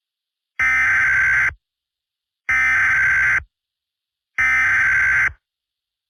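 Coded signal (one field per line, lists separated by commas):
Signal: Emergency Alert System (SAME) tones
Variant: header bursts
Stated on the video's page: Fictional EAS scenario about a pandemic virus.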